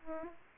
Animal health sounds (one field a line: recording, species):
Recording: mosquito wingbeat signal from an infrared sensor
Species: Aedes aegypti